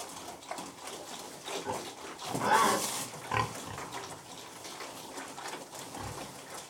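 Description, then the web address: Pigs grunting and snuffling, with one loud harsh squeal near the middle and scattered short grunts before and after. Pigs feeding. "The BBC Sound Effects Library. Pigs Feeding"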